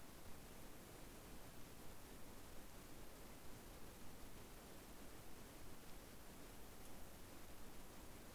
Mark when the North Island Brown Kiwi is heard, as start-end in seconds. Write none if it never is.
none